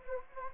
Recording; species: mosquito wingbeat signal from an infrared sensor; Anopheles gambiae